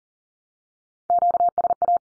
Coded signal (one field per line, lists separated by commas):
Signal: Morse code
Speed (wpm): 40 wpm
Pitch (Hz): 700 Hz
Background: none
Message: QSA